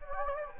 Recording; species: mosquito wingbeat signal from an infrared sensor; Anopheles gambiae